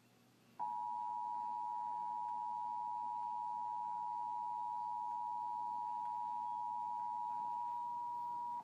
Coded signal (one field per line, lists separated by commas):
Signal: Emergency Alert System (SAME) tones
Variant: 853 and 960 Hz attention tone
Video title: EAS Alerts on Ready Jet Go for Land Of Woah MN And Pine MN